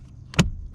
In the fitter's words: two all right we got both clicked in